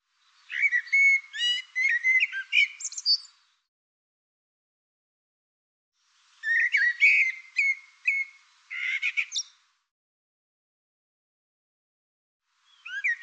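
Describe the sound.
Bird singing two bright phrases of varied whistles and chirps, each about three seconds long, separated by a silent pause, with a third phrase just beginning at the end.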